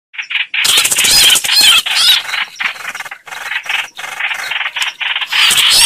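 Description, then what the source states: Agitated red-whiskered bulbul distress calling: clipped, buzzy, scratchy notes in uneven bursts, starting with two short calls before a dense harsh run. Calling for help, a distress call.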